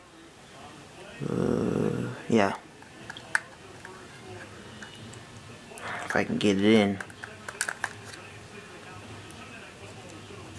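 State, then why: Not seated. A battery is pushed into the battery compartment of a Sony DSC-TX10 compact camera while someone talks, with several sharp, short handling clicks and taps heard around 3.1–3.9 s and 7.2–7.8 s. Nothing has seated or clicked into place yet by the end of the clip.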